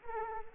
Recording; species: mosquito wingbeat signal from an infrared sensor; Anopheles arabiensis